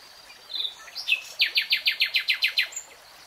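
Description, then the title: Nightingale song: a few soft notes and a rising whistle, then a rapid series of loud, evenly spaced notes. "[Tiếng chim hót] 3 Hours REALTIME Nightingale Singing"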